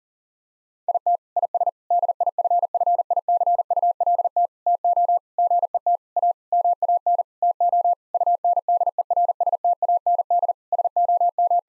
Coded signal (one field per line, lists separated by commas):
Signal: Morse code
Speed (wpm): 40 wpm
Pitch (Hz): 700 Hz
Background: none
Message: IT IS DIFFICULT TO GET A MAN TO UNDERSTAND SOM